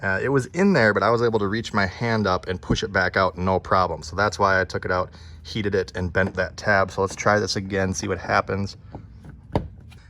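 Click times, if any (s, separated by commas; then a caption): 9.6 s. Someone talks while a plastic rear bumper reflector for a Jeep Compass is pushed into the opening in the rear bumper cover for a second try; its tab had been heated and bent because the first time it could be pushed back out by hand. One sharp snap is heard at 9.6 seconds as the reflector seats in place.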